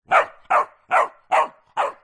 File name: zapsplat. dog puppy several weeks old barking ridgeback cross bullmastiff